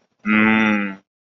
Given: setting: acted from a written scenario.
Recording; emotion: vocal sound without words; romantic love